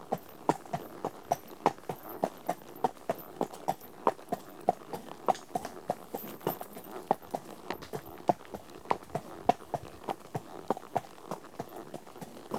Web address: BBC Sound Effects Library. One horse at walk on tarmac